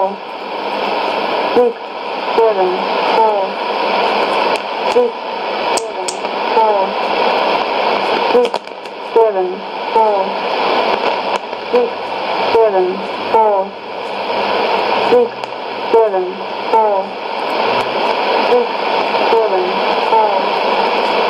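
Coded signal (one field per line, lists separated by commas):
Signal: numbers station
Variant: E17z English Lady, English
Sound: a woman's voice reading short, evenly spaced words through heavy shortwave hiss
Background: radio static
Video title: 27 07 2017 Numbers station E17z English Lady in English to Eu 0810 on 12850 unknown tx site in CUSB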